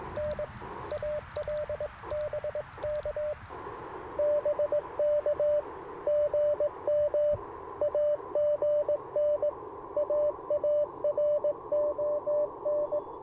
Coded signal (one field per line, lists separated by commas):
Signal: Morse code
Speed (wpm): 20 wpm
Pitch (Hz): 590 Hz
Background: radio noise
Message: N ALBK BK GM AGN AARON